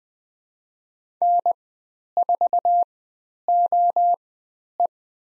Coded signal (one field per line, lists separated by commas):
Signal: Morse code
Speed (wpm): 20 wpm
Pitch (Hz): 700 Hz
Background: none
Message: N4OE